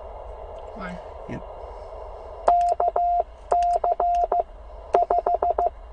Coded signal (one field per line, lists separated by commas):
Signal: Morse code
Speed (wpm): 15 wpm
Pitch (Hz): 690 Hz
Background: speech, radio noise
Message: KC5